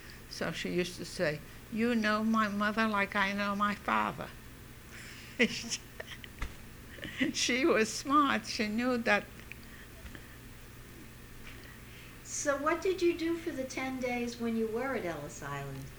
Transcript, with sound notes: So she used to say, "You know my mother like I know my father." ( she laughs ) She was smart. She knew that--.
So what did you do for the ten days when you were at Ellis Island?